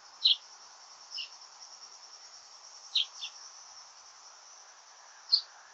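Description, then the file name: Common chaffinch calls, short sharp high notes given singly or in quick pairs at irregular intervals, over a steady high insect hum. "Fringilla coelebs"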